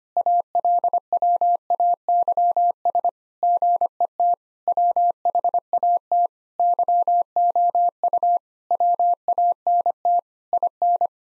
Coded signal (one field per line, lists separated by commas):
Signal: Morse code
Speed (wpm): 25 wpm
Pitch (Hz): 700 Hz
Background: none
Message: ALWAYS GET WHAT YOU WANT IN